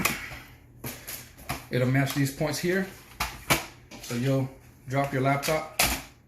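A laptop is handled over a docking station, being lined up with the connector points so it can be dropped onto them, while someone talks throughout. Brief sharp knocks sound at about 0.1 s and 3.2 s, but nothing has seated or clicked yet by the end.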